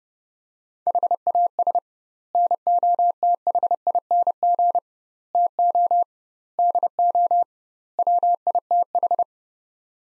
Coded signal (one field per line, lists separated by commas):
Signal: Morse code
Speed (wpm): 30 wpm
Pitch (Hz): 700 Hz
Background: none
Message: HAS NOTHING TO DO WITH